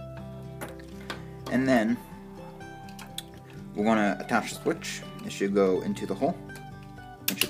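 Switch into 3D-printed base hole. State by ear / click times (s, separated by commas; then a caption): seated / 7.3 s, 7.4 s. A small rocker switch is pressed into its hole in the 3D-printed plastic base of a fume extractor while someone talks over background music. Two sharp clicks come at 7.3 s and 7.4 s as the switch seats in the housing.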